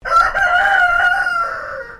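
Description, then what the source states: Chicken: rooster crowing, a single loud drawn-out cock-a-doodle-doo held steady then trailing down at the end. Highliner Brown rooster, crowing.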